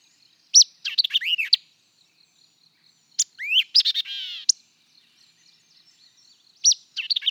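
White-eyed vireo song: abrupt phrases of sharp chips, rising slurs and a burry warble, repeated three times at roughly three-second intervals.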